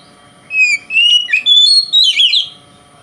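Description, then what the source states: Oriental magpie-robin song: a quick string of bright, slurred whistles climbing and dipping, over a low steady hum. Song style called 'konslet' in Indonesian, presented as a song that provokes other magpie-robins.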